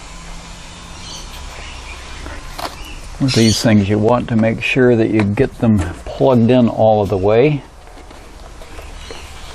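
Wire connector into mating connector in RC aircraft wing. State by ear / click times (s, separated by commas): not seated / none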